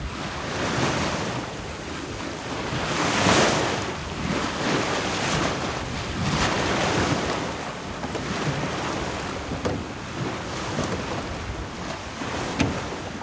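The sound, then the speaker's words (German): Steady roar of sea waves washing and surging in repeated swells, with gusting wind buffeting throughout and no voices; tide and wind drift a rowing boat on the way to Norderney. “hatten mich Tide und Wind erfasst und trieben mich fröhlich auf den Weg nach Norderney”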